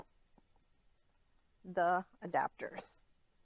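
An infant car seat (a Nuna Pipa, Maxi-Cosi, Cybex or Clek Liing) is handled over the adapters fitted to a Joovy Qool stroller frame, with only faint small ticks near 0.4 and 0.6 seconds before someone talks briefly. Nothing has seated or clicked into the adapters yet.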